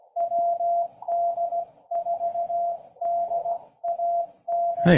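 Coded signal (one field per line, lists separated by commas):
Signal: Morse code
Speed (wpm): 17 wpm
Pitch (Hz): 690 Hz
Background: none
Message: WD4DAN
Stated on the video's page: Morse from hunting park activations (POTA) while checking band conditions.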